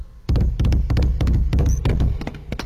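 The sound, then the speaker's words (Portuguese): Horse hooves clip-clop at a steady walking pace: a continuous run of paired, hollow knocking beats, fairly loud and even, with no voices. “Veja bem, vamos rodar para vocês uma cena do cavalo andando em inglês.”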